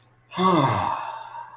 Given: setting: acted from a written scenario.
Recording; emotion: vocal sound without words; contentment